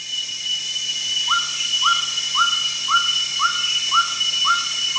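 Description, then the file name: Greater racket-tailed drongo whistled calls, a short rising note held level, repeated about every half second over a steady high hiss. At Danum on 1 January 2008. "DANUM 20080101"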